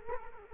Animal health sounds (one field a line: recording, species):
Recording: mosquito wingbeat signal from an infrared sensor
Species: Culex quinquefasciatus